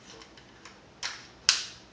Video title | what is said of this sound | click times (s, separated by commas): Gamo P-25 review | snaps into place now the bottom is open | 1.5 s